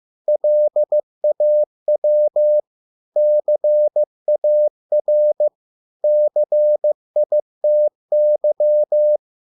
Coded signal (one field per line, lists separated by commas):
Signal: Morse code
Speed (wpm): 15 wpm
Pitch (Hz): 600 Hz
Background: none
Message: LAW CAR CITY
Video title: 100 words 15 WPM (Morse code practice)